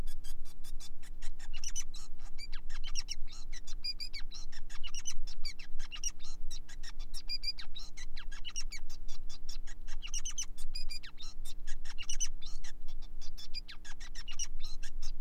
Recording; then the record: song of a male Bengalese finch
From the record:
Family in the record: son of father 5